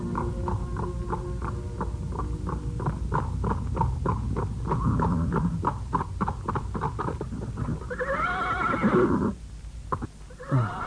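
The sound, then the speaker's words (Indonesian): A ridden horse's hooves clip-clop in a steady, even rhythm for several seconds as it nears a village, then the horse lets out a loud, wavering whinny that rises and falls before trailing off. “Kuda yang perkasa, aku rasa kita telah dekat dengan sebuah desa.”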